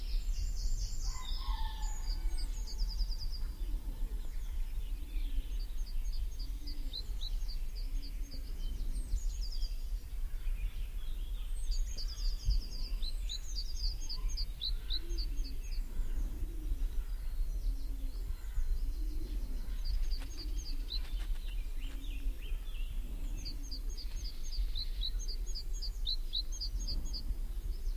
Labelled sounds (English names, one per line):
Eurasian Blue Tit song